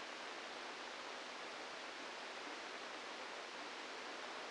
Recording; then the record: brain microelectrode recording played as sound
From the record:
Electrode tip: inside the subthalamic nucleus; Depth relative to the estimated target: -2 mm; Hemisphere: left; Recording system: NeuroSet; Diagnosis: Parkinson's disease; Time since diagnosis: 27 years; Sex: male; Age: 62 years